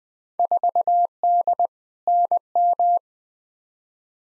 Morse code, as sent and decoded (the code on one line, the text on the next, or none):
....- -.. / -. --
4D NM